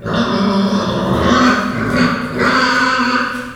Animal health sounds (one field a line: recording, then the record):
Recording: squeal of a Yucatan mini pig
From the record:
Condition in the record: after surgery on the right vocal fold (resection and tissue-engineered implant)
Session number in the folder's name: 15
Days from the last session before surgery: 175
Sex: female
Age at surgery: 19 weeks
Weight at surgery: 25 kg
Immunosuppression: prednisolone